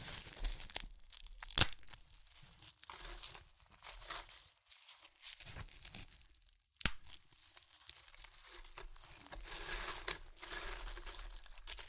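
Crunchy chips are crushed and crinkled in irregular bursts of bright rustling, with two sharp cracks near two and seven seconds.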